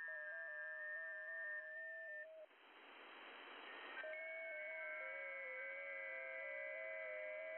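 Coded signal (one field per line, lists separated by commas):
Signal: FT8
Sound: several overlapping steady warbling tones, brief hiss burst midway, then tones resume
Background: radio static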